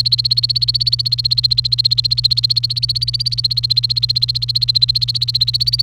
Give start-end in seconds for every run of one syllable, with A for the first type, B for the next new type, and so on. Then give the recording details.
0.00-5.82 A. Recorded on 28 April 2018 at 17:13. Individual llb3